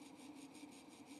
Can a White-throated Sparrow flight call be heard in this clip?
no